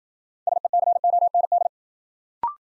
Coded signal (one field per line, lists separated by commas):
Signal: Morse code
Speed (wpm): 53 wpm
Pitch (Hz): 700 Hz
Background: none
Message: SECOND